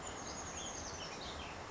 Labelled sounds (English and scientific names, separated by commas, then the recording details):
Chestnut-backed Chickadee (Poecile rufescens)
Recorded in Sonoma County, California